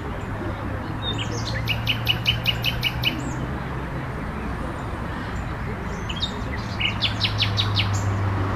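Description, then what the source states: Common nightingale song: a fast series of sharp, repeated high notes, then a second burst of similar notes a few seconds later, over steady low background rumble. La Vavrette, 14 May 2016; recorded on an MZ-N 710 recorder.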